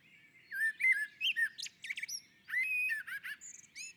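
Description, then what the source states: Common blackbird singing two close phrases, each of warbled flute-like whistles followed by high thin squeaks. On the roof.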